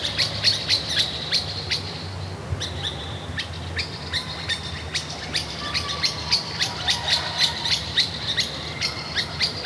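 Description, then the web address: Birds calling with quick high chirps and squawky notes, several birds overlapping in a busy chorus, with a low background hum. Recorded at a kasbah in Tiznit, part of an oasis soundscape series. "son resonances oasiennes 29 tiznit 13 kasbah oiseaux"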